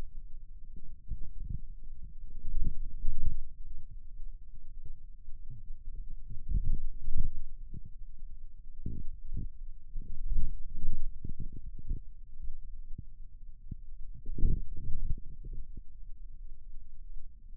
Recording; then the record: forearm muscle sounds (acoustic myography)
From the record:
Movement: radial deviation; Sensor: system 2, bracelet of six BSWA MPA416 microphones around the upper forearm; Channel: 1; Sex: male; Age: 22 years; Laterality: right